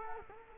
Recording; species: mosquito wingbeat signal from an infrared sensor; Culex quinquefasciatus